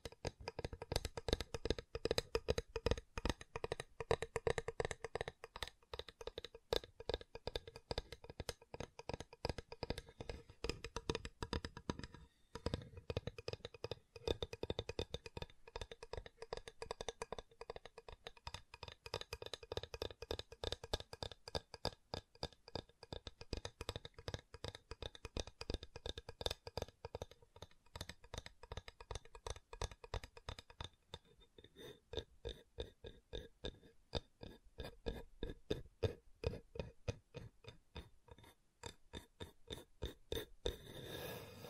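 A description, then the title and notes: Wooden tapping and clicking triggers, a dense stream of short sharp knocks and scrapes that continues for the whole length. The taps come fast and somewhat irregular, with brief handling and shuffling sounds between them and a short lull near the middle. ASMR Calming Wood Triggers for Sleep (No Talking).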